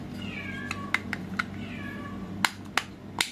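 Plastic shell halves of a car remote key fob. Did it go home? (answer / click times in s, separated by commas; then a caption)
yes / 2.5 s, 2.8 s. After the coin battery is replaced, the two plastic shell halves of a Mitsubishi Xpander car remote key fob are pressed back together until they snap shut properly. Meow-like tonal sounds and a few sharp ticks come first, then two loud clicks at 2.5 s and 2.8 s, followed by one more tick near 3.2 s. The fob case is seated, closed with two clicks.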